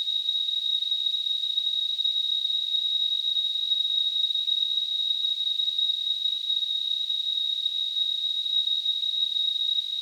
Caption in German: Tinnitus.